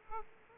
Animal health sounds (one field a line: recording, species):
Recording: mosquito wingbeat signal from an infrared sensor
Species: Aedes aegypti